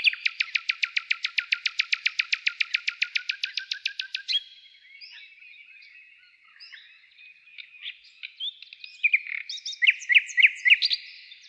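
Bird trill of rapid, regular notes for about four seconds, then a pause with faint twitters and a burst of sharp chirps.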